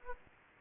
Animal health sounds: mosquito wingbeat signal from an infrared sensor; Aedes aegypti

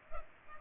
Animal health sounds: mosquito wingbeat signal from an infrared sensor; Culex pipiens

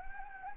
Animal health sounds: mosquito wingbeat signal from an infrared sensor; Anopheles gambiae

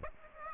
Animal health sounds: mosquito wingbeat signal from an infrared sensor; Aedes aegypti

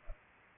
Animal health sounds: mosquito wingbeat signal from an infrared sensor; Culex pipiens

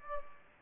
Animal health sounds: mosquito wingbeat signal from an infrared sensor; Aedes aegypti

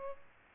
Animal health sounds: mosquito wingbeat signal from an infrared sensor; Aedes aegypti

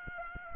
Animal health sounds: mosquito wingbeat signal from an infrared sensor; Aedes aegypti

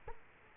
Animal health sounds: mosquito wingbeat signal from an infrared sensor; Culex quinquefasciatus

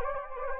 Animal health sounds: mosquito wingbeat signal from an infrared sensor; Anopheles gambiae

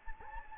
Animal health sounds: mosquito wingbeat signal from an infrared sensor; Anopheles gambiae

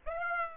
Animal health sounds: mosquito wingbeat signal from an infrared sensor; Aedes aegypti

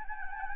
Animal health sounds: mosquito wingbeat signal from an infrared sensor; Anopheles gambiae

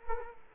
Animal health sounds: mosquito wingbeat signal from an infrared sensor; Culex quinquefasciatus

